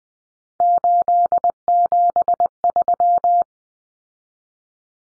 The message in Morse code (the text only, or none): 873